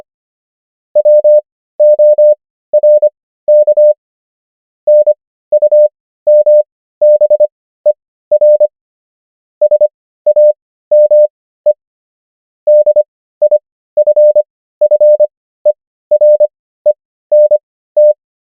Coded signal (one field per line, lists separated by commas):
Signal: Morse code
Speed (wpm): 25 wpm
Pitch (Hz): 600 Hz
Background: none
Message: WORK NUMBER SAME DIFFERENT